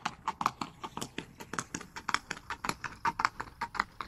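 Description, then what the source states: Horse hoofbeats, quick clattering strikes at an uneven pace, steady throughout. Horse running.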